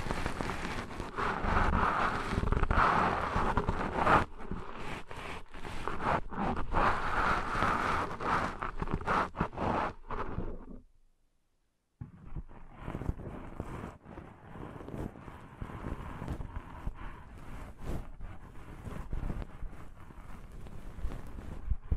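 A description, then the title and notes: Dense ear-cleaning sounds: scratchy rustling and rubbing with a low rumble underneath and frequent sharp clicks. Around the eleven-second mark it drops briefly to silence, then resumes softer and duller, with steady crackly scraping. ASMR Deep 3D Ear Cleaning Intense & Realistic (No Talking).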